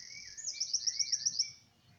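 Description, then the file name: Eurasian wren giving a brief, high, rapid trill of about seven quick notes over one second, with a quieter lower whistled phrase beneath it. "Troglodytes troglodytes"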